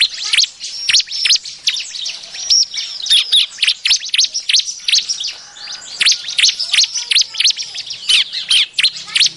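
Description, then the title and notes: Bar-winged prinia chirps: a continuous stream of high, piercing notes and short squeaks, closely packed and irregular throughout. Lure sound used to attract birds. "BURUNG CIBLEK MANCING LAINNYA. Suara Ciblek Pikat"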